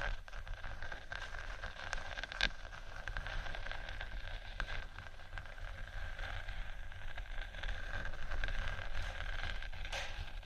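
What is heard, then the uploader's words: Soft scratching on faux leather runs continuously with a low rumble beneath, broken by a sharp tap near two and a half seconds. ASMR Gentle Faux Leather Scratching & Tapping（No Talking）.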